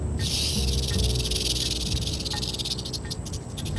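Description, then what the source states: Rattlesnake rattle: a steady, dry, high buzzing hiss that runs throughout and breaks into separate pulses toward the end. Warning signal in the Sonoran Desert meaning watch out, I am here and I am venomous, do not come closer; hearing it means the listener is already too close.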